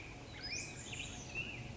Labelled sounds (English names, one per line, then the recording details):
Western Flycatcher
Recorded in Sonoma County, California